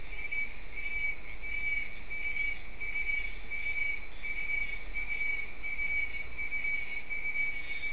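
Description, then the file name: Insect chorus of high pulsed chirps in repeated bursts, with quiet low background noise. "mainly insect"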